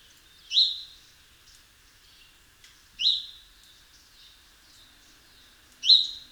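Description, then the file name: House sparrow calling with three bright chirps spaced roughly two to three seconds apart, plus a few softer notes and a faint constant hum. "Passer domesticus"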